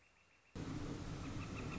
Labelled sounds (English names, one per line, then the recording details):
Northern Flicker
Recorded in Sonoma County, California